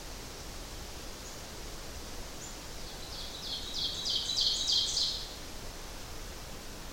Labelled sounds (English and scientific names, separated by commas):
Ovenbird (Seiurus aurocapilla) song